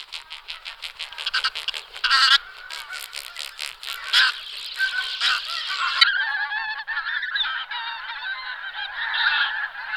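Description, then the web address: Pink-footed goose: pink-footed geese calling as a flock, a dense continuous chorus of overlapping honks and yelps with no pauses. "All the bird songs of Britain and Europe - Jean-Claude Roche. Anser brachyrhynchus"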